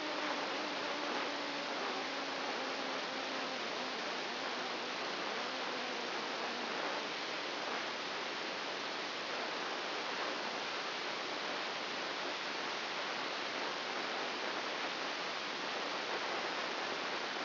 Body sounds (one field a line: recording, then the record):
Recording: brain microelectrode recording played as sound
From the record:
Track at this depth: inside the subthalamic nucleus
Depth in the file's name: 3.801 mm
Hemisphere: right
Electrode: 2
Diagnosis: Parkinson's disease